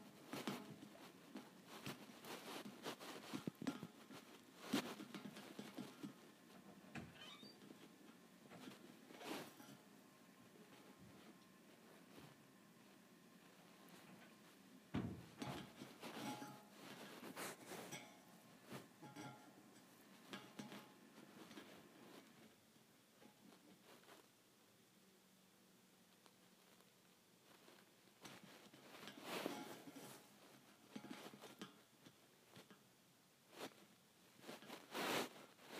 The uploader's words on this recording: ASMR Tapping Thin Metal Bars.